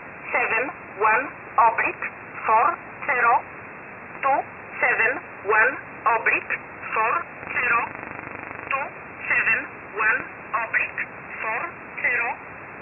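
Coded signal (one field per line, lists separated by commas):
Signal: numbers station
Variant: E11 Oblique, English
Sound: a voice reading short, evenly spaced words over narrow-band radio hiss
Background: radio static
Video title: 10 11 2021 Number station E11 Oblique in English to Eu 0930 on 7469 unknown tx site in USB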